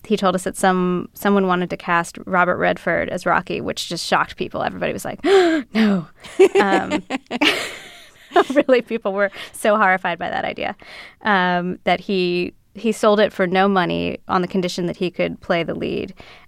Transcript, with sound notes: He told us that some - someone wanted to cast Robert Redford as Rocky, which just shocked people. Everybody was like, oh, no. (LAUGHTER) Really, people were so horrified by that idea - that he sold it for no money on the condition that he could play the lead.